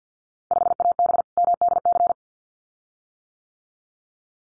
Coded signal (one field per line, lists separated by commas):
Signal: Morse code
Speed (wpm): 50 wpm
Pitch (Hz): 700 Hz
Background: none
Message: 5AB MDC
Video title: Field Day Exchange Encore 50wpm